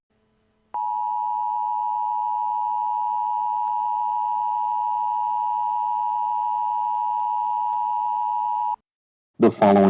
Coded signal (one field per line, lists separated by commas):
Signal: Emergency Alert System (SAME) tones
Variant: 853 and 960 Hz attention tone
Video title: EAS Scenario #9: Mickey Error 6 Its Not Over Yet